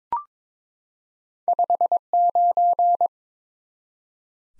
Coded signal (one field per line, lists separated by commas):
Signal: Morse code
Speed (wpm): 22 wpm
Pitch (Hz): 700 Hz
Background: none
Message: 59